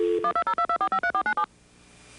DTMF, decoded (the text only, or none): 12022453497